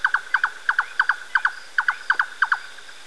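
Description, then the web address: Bird song made of paired sharp notes repeated in quick succession against a quiet background. Recorded in Spain. "ianr Birding Spain Songs"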